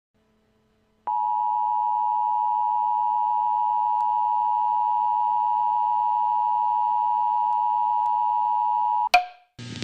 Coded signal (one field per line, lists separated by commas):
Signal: Emergency Alert System (SAME) tones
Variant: 853 and 960 Hz attention tone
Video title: EAS alarm glitch